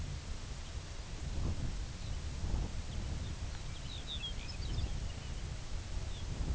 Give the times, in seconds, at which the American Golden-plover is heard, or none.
0.51-0.83